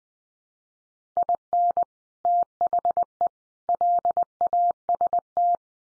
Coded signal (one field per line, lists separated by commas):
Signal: Morse code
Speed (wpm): 20 wpm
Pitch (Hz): 700 Hz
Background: none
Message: IN THE LAST